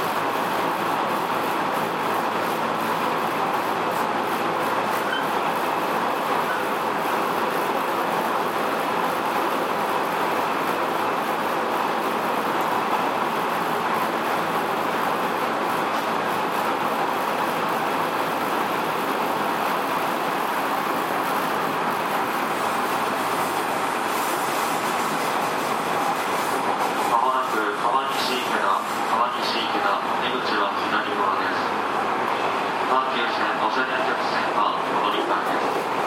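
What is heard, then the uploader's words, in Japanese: A JR 207 series train runs with a steady, dense rumble and rattle, growing rougher and more uneven after about 27 seconds. JR207系 京橋〜宝塚。JR東西線、宝塚線の区間で録音しました。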